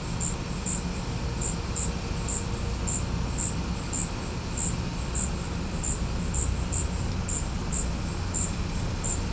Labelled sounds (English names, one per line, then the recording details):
none
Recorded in pastures near Puerto Asís, Putumayo, Colombia, on 16 December 2024 at 14:30
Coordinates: 0.505, -76.324
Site G063